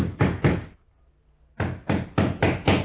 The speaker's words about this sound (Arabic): طب خبط عليهم وخلصني، انا عايز ارتاح يا ابني. حاضر هخبط.